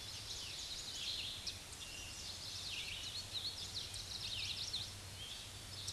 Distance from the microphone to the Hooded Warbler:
about 95 m